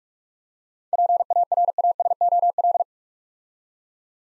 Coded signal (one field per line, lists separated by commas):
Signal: Morse code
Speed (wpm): 45 wpm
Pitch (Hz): 700 Hz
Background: none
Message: PARASOL